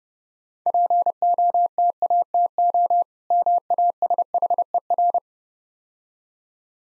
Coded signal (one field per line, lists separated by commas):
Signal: Morse code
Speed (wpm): 31 wpm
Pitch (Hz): 700 Hz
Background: none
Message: POTATO MASHER